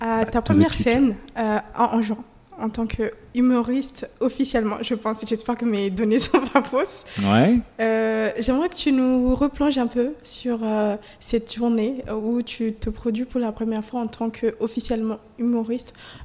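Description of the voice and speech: A single adult, likely a woman, speaks French in a clear, steady voice, asking a question at a relaxed conversational pace. There are a few 'euh' hesitations, brief pauses and a short laugh. The speech is typical and fluent, with no sign of a voice or speech disorder.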